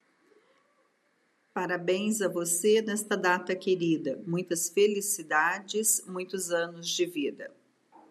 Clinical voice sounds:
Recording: short text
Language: Brazilian Portuguese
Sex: female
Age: 50 to 59 years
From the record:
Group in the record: control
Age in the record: 50 years

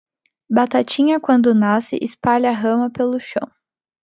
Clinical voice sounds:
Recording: short text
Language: Brazilian Portuguese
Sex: female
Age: 20 to 29 years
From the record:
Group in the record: control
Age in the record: 25 years

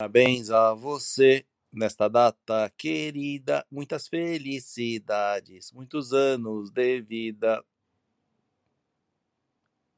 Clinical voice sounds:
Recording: short text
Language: Brazilian Portuguese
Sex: male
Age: 40 to 49 years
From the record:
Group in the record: control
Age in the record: 48 years

